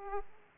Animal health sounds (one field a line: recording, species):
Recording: mosquito wingbeat signal from an infrared sensor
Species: Aedes aegypti